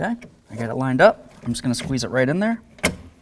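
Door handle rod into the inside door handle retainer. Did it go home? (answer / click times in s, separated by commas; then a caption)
yes / 2.9 s. While someone talks, a metal handle rod is squeezed into the plastic retainer on the inside door handle of a 1988–2002 GMC Sierra 1500 during a door latch assembly replacement. A sharp click sounds at 2.9 s as the rod seats in the retainer, and it is then tugged to check that it stays in.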